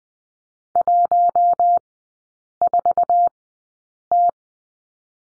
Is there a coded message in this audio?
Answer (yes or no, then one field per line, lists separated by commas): yes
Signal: Morse code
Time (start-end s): 0.8-4.3 s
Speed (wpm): 20 wpm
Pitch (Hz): 700 Hz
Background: none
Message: 14T